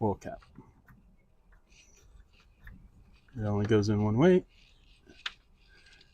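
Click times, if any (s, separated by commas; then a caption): 5.3 s. On a Ford F-250 Super Duty with the 7.3 gas engine, the oil filler cap goes back into the engine's oil fill neck after the oil fill and is turned until it clicks in place. Someone talks, then there is a sharp click at 5.3 s as the cap seats.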